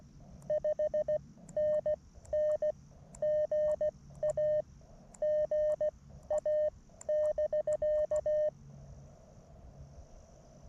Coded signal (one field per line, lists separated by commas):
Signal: Morse code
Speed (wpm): 16 wpm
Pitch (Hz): 610 Hz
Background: none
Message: 5NN GA GA <BK>